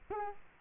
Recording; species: mosquito wingbeat signal from an infrared sensor; Culex quinquefasciatus